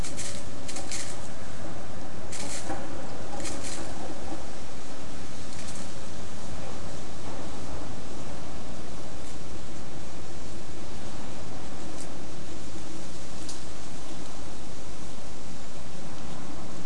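Steady wind roars through oak and bay leaves, with brief bright scratching bursts in the leaf litter near the start and occasionally later.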